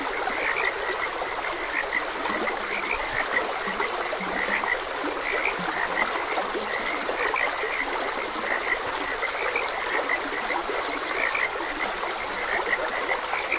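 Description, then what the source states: Many frogs calling together in rapid repeated croaks, some deeper notes now and then, with a continuous trickling stream throughout. Frogs croaking beside a gentle stream.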